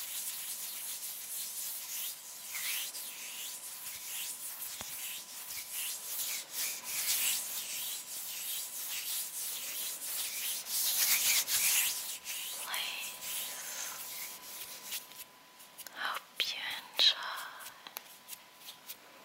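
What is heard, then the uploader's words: Hands rub together in a dry, hissing swish that rises and falls steadily for most of the stretch, bright and airy with little low weight. Near the end the rubbing breaks into quicker, separate strokes and a few sharp taps, with brief pauses between. Rode Mic. Hand Sounds (Fluttering, Rubbing, Plucking, Hand Cream ...)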